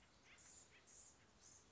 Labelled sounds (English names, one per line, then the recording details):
Blue-gray Gnatcatcher
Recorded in Sonoma County, California